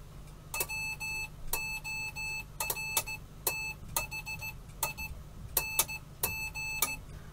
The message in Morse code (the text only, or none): WORTHING